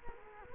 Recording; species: mosquito wingbeat signal from an infrared sensor; Culex quinquefasciatus